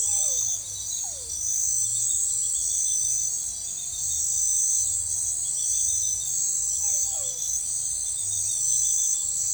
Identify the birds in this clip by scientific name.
none